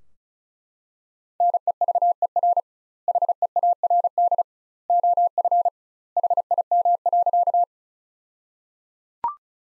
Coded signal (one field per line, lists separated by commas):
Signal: Morse code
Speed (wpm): 34 wpm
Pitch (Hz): 700 Hz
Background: none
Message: NEVER HEARD OF HIM.